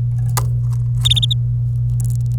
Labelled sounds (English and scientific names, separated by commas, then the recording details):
Domestic Canary (Serinus canaria) song
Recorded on 26 April 2018 at 07:58
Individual llb3